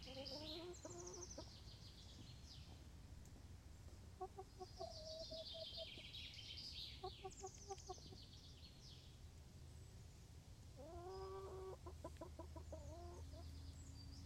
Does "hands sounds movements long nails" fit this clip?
no